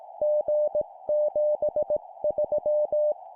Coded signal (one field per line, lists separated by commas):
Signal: Morse code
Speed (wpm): 18 wpm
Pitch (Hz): 600 Hz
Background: music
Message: G73